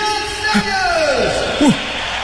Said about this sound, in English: Now the applause dies down.